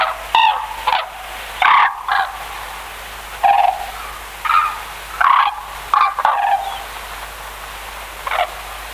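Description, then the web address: White-naped crane calls, loud harsh trumpeting notes repeated irregularly, some in quick pairs, with steady low background noise. "sikioto. manazuru"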